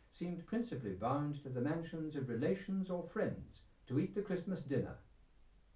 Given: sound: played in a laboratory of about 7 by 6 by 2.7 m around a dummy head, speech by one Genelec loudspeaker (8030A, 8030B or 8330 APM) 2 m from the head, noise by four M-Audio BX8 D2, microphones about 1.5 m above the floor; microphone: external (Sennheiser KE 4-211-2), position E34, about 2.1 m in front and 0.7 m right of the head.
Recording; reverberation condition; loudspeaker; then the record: male speech in English; low; 60 degrees to the left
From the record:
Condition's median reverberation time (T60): about 310 ms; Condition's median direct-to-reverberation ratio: about 3.5 dB